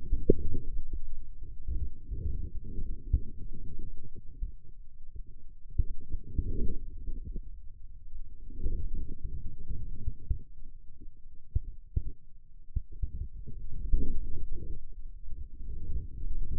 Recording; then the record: forearm muscle sounds (acoustic myography)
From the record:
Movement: radial deviation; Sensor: system 2, bracelet of six BSWA MPA416 microphones around the upper forearm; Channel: 6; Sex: male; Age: 22 years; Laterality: right